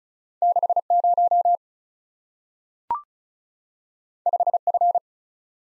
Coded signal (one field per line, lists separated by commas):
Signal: Morse code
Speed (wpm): 36 wpm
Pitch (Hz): 700 Hz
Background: none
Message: 6 0 5 F